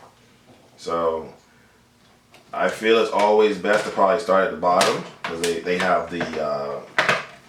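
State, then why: Not seated. Someone talks while handling the plastic screen bezel on a Google Chromebook laptop display lid, getting ready to press it on starting at the bottom where the bigger clamps hold it in place. A faint short tap comes at about 2.3 s, but the bezel is only being handled: nothing has snapped in or seated yet.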